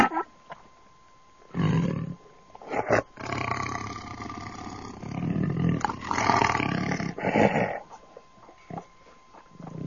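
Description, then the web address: Tiger giving rough, growling roars in several bursts, the longest running through the middle. "audio animali felini tigri tigre tiger"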